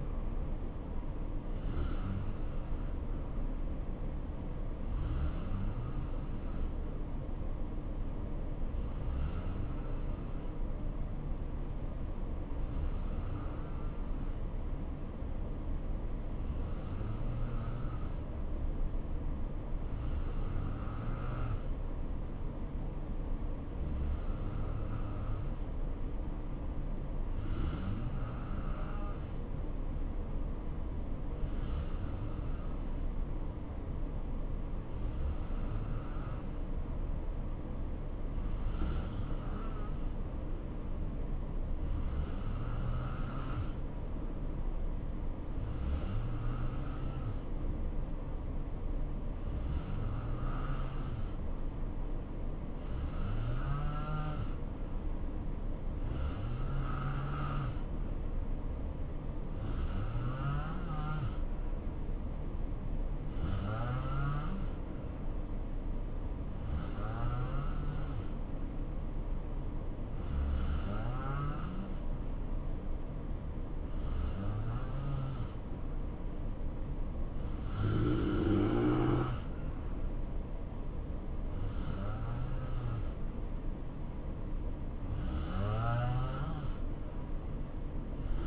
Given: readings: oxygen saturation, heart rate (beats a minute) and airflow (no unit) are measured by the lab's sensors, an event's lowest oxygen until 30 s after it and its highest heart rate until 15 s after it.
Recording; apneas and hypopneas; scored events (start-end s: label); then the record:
breathing in sleep by a smartphone at the bedside; 1
8.00-78.00 s: hypopnea (N2, oxygen 91% highest, then 87% lowest, heart rate 64 at the start, 70 highest)
From the record:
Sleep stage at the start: N2 (light sleep); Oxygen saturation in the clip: 87 to 91%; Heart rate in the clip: 62 to 70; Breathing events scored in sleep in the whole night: 277 in 7.4 hours asleep